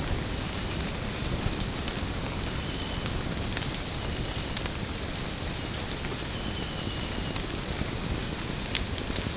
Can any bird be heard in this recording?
no